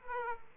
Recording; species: mosquito wingbeat signal from an infrared sensor; Aedes aegypti